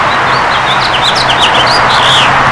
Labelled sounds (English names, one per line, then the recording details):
House Finch song
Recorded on Long Island, New York, on 14 June 2012
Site GL
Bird D